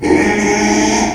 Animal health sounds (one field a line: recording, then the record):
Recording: squeal of a Yucatan mini pig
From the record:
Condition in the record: after surgery on the right vocal fold (resection and tissue-engineered implant)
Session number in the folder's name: 2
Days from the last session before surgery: 13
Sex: male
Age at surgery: 12 weeks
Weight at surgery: 13 kg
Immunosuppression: cyclosporine, prednisolone